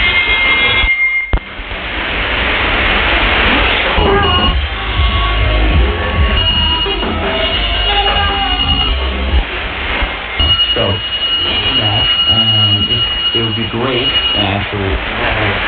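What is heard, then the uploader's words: Shortwave radio hisses and crackles steadily with a dull, muffled tone that cuts off the high end. Faint speech-like fragments and thin whistling tones drift in and out, and a brief dropout comes near the start, around one second in. Found this recording of me playing a shortwave radio website awhile back. Did some parallel compression.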